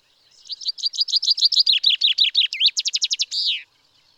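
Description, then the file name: Common chaffinch song: a bright descending series of repeated chirps speeding into a rattle, ending with a flourish, lasting about three seconds. "Fringilla coelebs"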